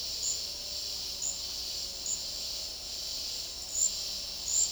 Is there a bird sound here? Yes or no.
no